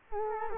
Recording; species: mosquito wingbeat signal from an infrared sensor; Culex quinquefasciatus